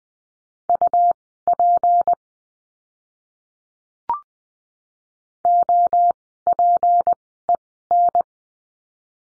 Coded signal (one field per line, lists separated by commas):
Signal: Morse code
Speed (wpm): 20 wpm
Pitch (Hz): 700 Hz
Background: none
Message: UP OPEN